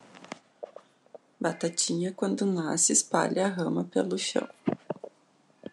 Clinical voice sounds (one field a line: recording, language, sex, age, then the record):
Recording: short text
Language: Brazilian Portuguese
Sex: female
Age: 40 to 49 years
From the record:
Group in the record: control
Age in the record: 40 years